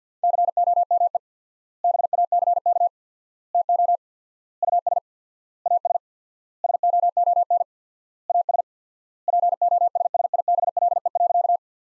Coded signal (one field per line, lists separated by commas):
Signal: Morse code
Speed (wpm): 50 wpm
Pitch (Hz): 700 Hz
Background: none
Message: COME BACK TO US AS SOON AS POSSIBLE.